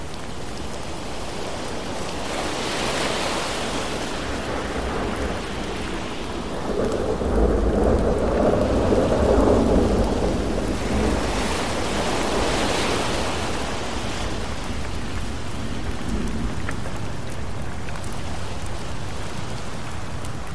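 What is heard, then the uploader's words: Rain and ocean waves make a dense, steady wash of noise, with a low rumble swelling between about 7 and 11 seconds like distant thunder or a large wave rolling in. Brighter hissing surges come and go around 3 and 12 seconds. Thunderstorm Rain Sounds With Ocean Waves.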